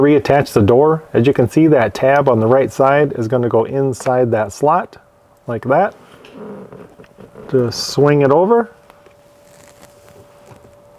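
Someone talks while reattaching the plastic cabin air filter access door on a Kia Sportage, hooking its right-side tab into the slot in the filter housing behind the glove box and swinging it over. Faint handling taps and plastic rustles follow between about 6.2 and 9.9 seconds over a steady low hum. Nothing has seated or clicked yet; the door has not been pushed home.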